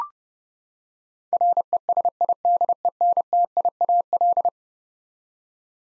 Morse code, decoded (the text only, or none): RESIDENTIAL